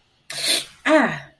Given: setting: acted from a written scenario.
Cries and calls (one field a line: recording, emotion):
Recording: vocal sound without words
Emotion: pain